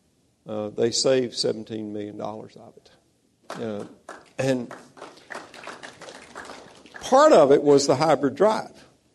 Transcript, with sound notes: They saved $17 million of it.
[Applause]
And part of it was the hybrid drive